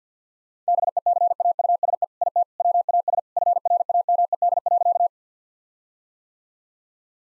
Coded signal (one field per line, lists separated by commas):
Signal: Morse code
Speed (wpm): 50 wpm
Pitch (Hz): 700 Hz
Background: none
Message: BECAUSE IT WAS FRAMED.